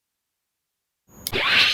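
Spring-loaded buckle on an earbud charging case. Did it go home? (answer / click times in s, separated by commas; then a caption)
yes / 1.3 s. The spring-loaded metal buckle on the charging case of Edifier Hecate GX05 gaming earbuds is snapped shut by hand. After about a second of silence, a faint rustle builds, then a sharp, bright click at 1.3 s is followed by a steady hissing wash. The buckle clicks shut and seats.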